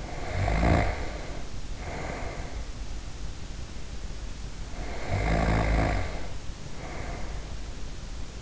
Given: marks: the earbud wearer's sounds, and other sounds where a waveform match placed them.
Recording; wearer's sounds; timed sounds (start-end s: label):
sounds in sleep by an in-ear microphone; snoring breath
0.00-2.81 s: snoring breath
4.78-7.66 s: snoring breath